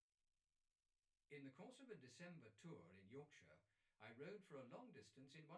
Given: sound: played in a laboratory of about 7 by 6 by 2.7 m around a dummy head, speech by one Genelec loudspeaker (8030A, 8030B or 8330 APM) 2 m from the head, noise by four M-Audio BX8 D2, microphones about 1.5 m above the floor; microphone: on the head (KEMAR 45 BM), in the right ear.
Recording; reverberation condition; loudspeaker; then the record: male speech in English; low; 150 degrees to the left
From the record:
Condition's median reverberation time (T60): about 310 ms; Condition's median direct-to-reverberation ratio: about 3.5 dB